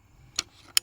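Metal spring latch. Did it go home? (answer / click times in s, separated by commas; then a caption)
released / 0.4 s. The magazine release lever on a Horizon Firearms Vandal Prime bolt-action rifle in 22 Creedmoor is pressed, and its five-round box magazine unlatches with a sharp click at 0.4 s. A second, louder sharp click follows at 0.8 s over quiet low background noise. The magazine is released.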